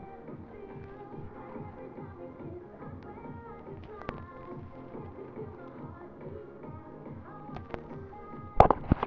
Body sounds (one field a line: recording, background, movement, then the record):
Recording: deep breathing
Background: music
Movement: sitting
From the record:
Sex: female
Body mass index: 18.8 kg/m2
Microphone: on the chest, facing the body